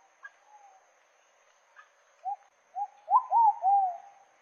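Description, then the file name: Pigeon coo phrase with two soft lead-in notes and three swelling, swooping coos, preceded by a couple of faint clicks. Song of the pigeon known locally as pomba botafogo. "canto da pomba botafogo"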